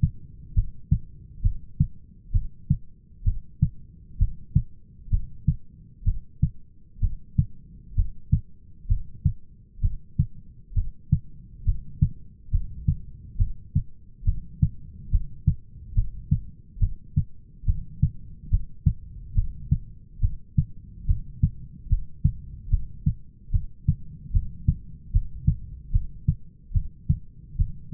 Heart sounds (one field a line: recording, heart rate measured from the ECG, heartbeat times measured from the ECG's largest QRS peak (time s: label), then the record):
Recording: heart sounds by stethoscope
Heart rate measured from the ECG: 69 bpm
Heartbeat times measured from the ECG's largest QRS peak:
0.56 s: heartbeat
1.44 s: heartbeat
2.34 s: heartbeat
3.26 s: heartbeat
4.20 s: heartbeat
5.12 s: heartbeat
6.06 s: heartbeat
7.02 s: heartbeat
7.97 s: heartbeat
8.89 s: heartbeat
9.82 s: heartbeat
10.76 s: heartbeat
11.66 s: heartbeat
12.52 s: heartbeat
13.39 s: heartbeat
14.26 s: heartbeat
15.12 s: heartbeat
15.96 s: heartbeat
16.81 s: heartbeat
17.67 s: heartbeat
18.52 s: heartbeat
19.36 s: heartbeat
20.22 s: heartbeat
21.08 s: heartbeat
21.90 s: heartbeat
22.71 s: heartbeat
23.53 s: heartbeat
24.34 s: heartbeat
25.13 s: heartbeat
25.93 s: heartbeat
26.75 s: heartbeat
27.59 s: heartbeat
From the record:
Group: heart failure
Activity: rest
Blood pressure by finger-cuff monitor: 136/96 mmHg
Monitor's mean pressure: 110 mmHg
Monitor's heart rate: 70 bpm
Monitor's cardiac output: 6.1 L/min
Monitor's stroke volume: 88 mL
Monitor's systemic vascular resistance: 1350 dyn s/cm5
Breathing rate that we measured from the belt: 19 breaths a minute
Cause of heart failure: idiopathic cardiomyopathy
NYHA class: 1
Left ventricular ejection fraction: 50%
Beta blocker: bisoprolol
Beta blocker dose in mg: 5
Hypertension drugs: candesartan, spironolactone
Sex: male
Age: 54 years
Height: 180 cm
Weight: 94.6 kg